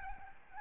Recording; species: mosquito wingbeat signal from an infrared sensor; Aedes albopictus